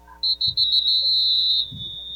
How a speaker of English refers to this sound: And now whistle's blown. They'll take a timeout.